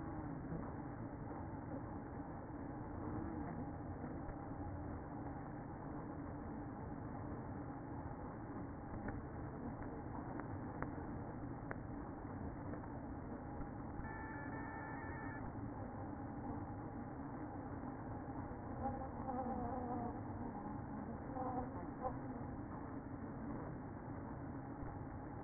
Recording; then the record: honeybee colony, microphone inside the hive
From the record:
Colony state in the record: queen present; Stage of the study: after two queens were removed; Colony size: about 60,000 bees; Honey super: yes